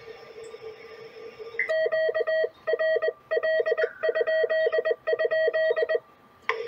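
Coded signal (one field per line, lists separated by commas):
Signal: Morse code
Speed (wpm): 20 wpm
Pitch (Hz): 640 Hz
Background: none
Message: QRL??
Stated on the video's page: QRP CW from a homebrew HF station on an EGV-9B nine-band transceiver, sent with homemade touch twin paddles.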